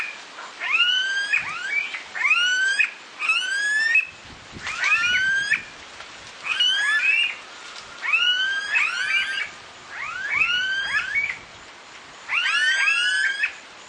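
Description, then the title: Smooth-billed ani calls: repeated whining, upslurred squeals with sweeping overtones, given in short bursts about every one to two seconds over steady hiss. "LuckyPassaro Completos2Sama. Smooth-billed Ani (Crotophaga ani)"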